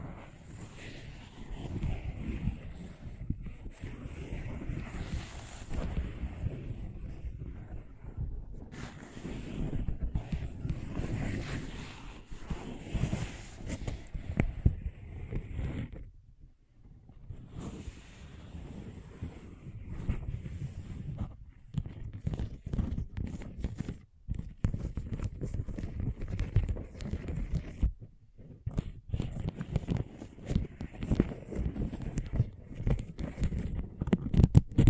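Scratching and tracing strokes rub continuously, a dense, rough, low rumble made of rapid streaky scrapes with thin hiss above. The texture stays busy and uneven, dropping out briefly around 16, 24 and 28 seconds before resuming.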